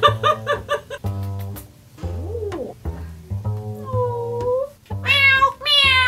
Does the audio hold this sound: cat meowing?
yes